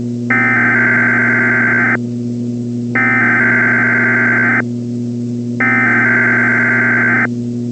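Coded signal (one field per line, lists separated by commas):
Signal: Emergency Alert System (SAME) tones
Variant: header bursts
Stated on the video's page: Fictional EAS scenario with valid tones.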